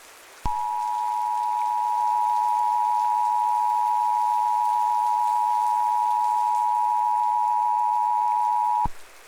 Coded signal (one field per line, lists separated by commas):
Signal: Emergency Alert System (SAME) tones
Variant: 853 and 960 Hz attention tone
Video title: EAS Simulation: The Fallout Reckoning | Immersive Audio Drama | NO Ai